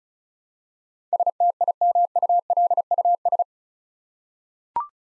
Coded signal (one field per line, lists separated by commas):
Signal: Morse code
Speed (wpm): 36 wpm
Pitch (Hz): 700 Hz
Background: none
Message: STIMULUS